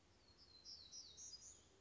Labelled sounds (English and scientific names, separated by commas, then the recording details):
Black-throated Gray Warbler (Setophaga nigrescens)
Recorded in Sonoma County, California